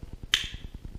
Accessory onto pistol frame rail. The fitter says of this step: there it is you heard the click so once it clicks that's mean that it's locked into the rail